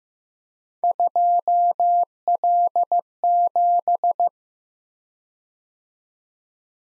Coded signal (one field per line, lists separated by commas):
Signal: Morse code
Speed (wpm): 15 wpm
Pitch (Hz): 700 Hz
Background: none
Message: 2L7